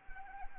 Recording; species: mosquito wingbeat signal from an infrared sensor; Anopheles arabiensis